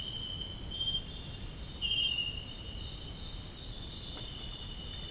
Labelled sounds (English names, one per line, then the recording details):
none
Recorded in dense forest near Puerto Asís, Putumayo, Colombia, on 22 June 2025 at 18:00
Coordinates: 0.481, -76.323
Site G072